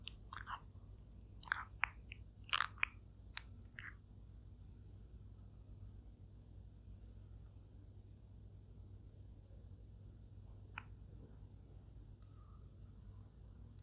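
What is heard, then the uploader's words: A turtle eats with short wet crunching bites clustered in the first four seconds, one more near eleven seconds, over a steady low hum. Turtle eating asmr mukbang.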